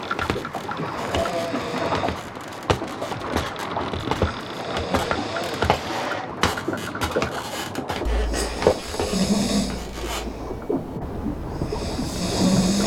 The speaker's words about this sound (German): Hört ihr das? Da unten schnarcht einer. Das ist bestimmt der Besitzer.